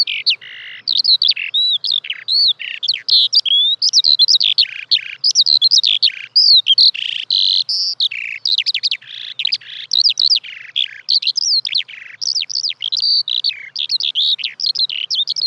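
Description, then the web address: Eurasian skylark song, a continuous high, fast warble of rolling trills, chirps and buzzy notes pouring on without pause for the whole stretch. "fugler sanglerke"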